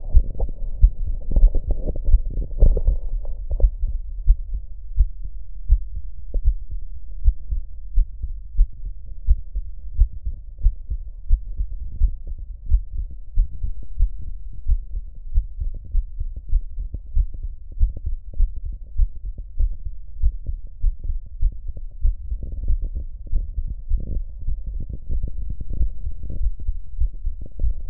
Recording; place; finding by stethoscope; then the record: heart sounds by stethoscope; pulmonary valve (PV); normal heart sounds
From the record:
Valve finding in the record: normal valve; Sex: female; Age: 20 years